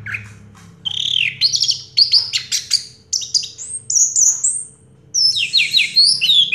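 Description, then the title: Orange-headed thrush song: varied high warbling phrases and rising whistles separated by short pauses, over a low background hum. Recording used to prompt a silent (stuck) bird to sing. "Anis Merah Macet.. Pancing Dengan Suara Ini.. 100 Ampuh. # Anis Merah"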